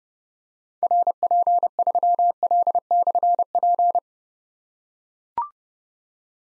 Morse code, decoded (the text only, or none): RP3L/P